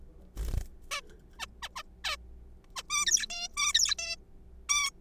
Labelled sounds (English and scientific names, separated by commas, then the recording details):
Zebra Finch (Taeniopygia guttata)
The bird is a juvenile
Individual R3428